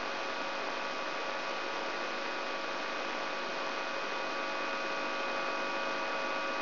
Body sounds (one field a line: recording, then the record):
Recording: brain microelectrode recording played as sound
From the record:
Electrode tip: outside the subthalamic nucleus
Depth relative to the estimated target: 4 mm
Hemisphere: right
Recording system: AlphaMap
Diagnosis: Parkinson's disease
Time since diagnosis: 23 years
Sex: male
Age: 65 years